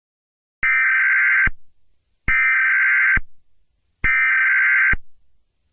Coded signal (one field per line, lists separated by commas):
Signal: Emergency Alert System (SAME) tones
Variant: header bursts